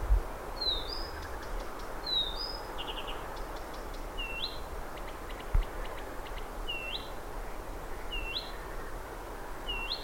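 Blyth's Reed Warbler song: slow series of clear whistled notes and short dry clicks with pauses between, over steady low background rumble.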